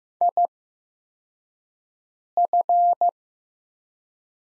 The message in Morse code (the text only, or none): IF